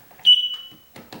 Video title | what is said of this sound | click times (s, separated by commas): Man Says He Can't Install Kidde Smoke Detector Then Does It Anyway | And it should click like that, and you'll hear it go dup, dup, dup, dup, dup, on the plastic little | 1.0 s, 1.1 s